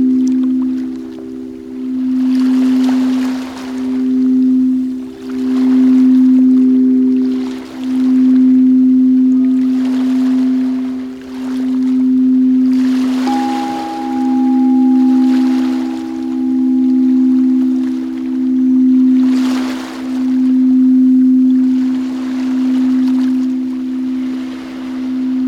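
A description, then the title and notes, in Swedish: Singing bowls ring in a steady low hum that swells and fades in a slow, regular pulse about every two seconds. Around the middle a higher bowl tone joins and holds for several seconds. Soft washes of rushing sound, like water, come and go throughout. Sound healing skålar samt olika ljud från naturen.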